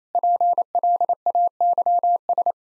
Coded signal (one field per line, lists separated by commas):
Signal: Morse code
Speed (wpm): 28 wpm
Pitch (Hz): 700 Hz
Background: none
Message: PLAYS